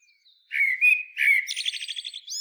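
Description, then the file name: Common blackbird song phrase: two mellow fluted whistles followed by a fast, squeaky twittering flourish and a final high note. "Turdus merula"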